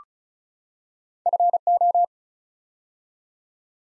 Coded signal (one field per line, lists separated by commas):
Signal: Morse code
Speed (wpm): 36 wpm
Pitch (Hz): 700 Hz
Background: none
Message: FO